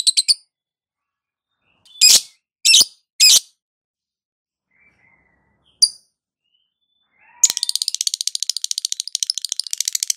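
Lovebird calls: a few shrill separate squawks, then a rapid, steady stream of high chattering chirps.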